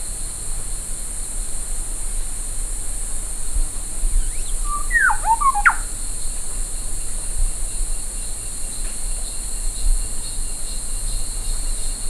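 Bird calling with a brief cluster of whistled, downslurred notes near the middle, one sharp rising note among them, against constant background hiss.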